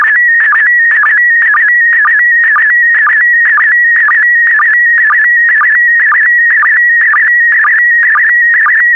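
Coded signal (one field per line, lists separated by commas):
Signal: SSTV (slow-scan television)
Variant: PD120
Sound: warbling whistle-like tone around 2 kHz, interrupted by short low blips twice a second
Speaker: transmission complete you can now check your decoded image against the picture that is shown on the video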